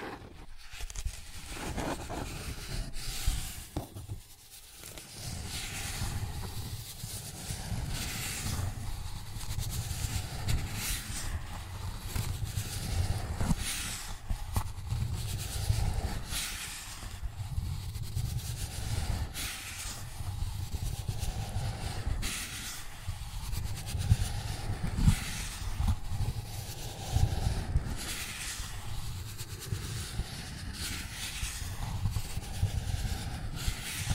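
Cardboard is scratched and traced in a steady, rough rhythm, with strokes coming every couple of seconds for the whole stretch. A dull low rumble runs underneath, and brighter rasping flares mark each stroke. A sharp, brief scrape stands out near the five-second mark.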